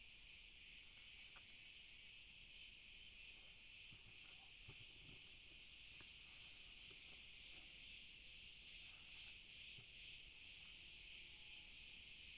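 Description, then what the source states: Cricket chorus, a steady high-pitched pulsing trill that swells slightly later on, with a few faint soft clicks underneath. Pure cricket chorus, slowly building in intensity.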